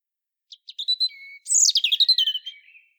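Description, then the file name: European robin singing a short phrase: a few thin high notes and drawn-out whistles, then a quick tumbling run of bright, twittering notes that trails off. "Erithacus rubecula"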